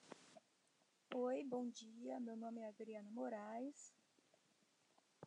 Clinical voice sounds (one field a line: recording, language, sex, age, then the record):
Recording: spoken sentence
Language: Brazilian Portuguese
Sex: female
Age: 40 to 49 years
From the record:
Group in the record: control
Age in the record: 43 years